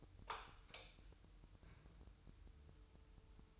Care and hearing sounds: daily activity, microphone in the room; light on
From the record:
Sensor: 2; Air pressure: 988.3 hPa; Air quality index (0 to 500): 190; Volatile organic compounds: 182 ppm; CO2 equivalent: 4150 ppm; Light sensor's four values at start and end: 6/16/6/7 and 11/34/13/13

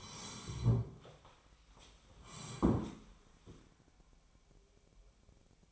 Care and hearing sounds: daily activity, microphone in the room; sit down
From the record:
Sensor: 1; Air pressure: 1015.2 hPa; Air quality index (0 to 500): 196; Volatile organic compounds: 22 ppm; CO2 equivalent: 2740 ppm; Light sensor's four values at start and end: 12/29/12/13 and 12/30/12/13

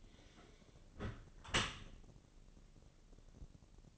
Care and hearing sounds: daily activity, microphone in the room; close dishwasher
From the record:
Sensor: 4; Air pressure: 1013.2 hPa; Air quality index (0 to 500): 170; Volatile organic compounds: 2 ppm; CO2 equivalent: 1078 ppm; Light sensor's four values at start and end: 79/195/81/82 and 78/194/81/82

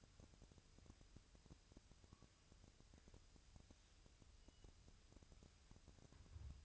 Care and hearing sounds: daily activity, microphone in the room; wipe stove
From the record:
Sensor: 2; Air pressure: 1001.4 hPa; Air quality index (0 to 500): 226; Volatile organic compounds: 25 ppm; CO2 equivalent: 2825 ppm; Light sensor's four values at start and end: 7/26/10/9 and 7/26/10/9

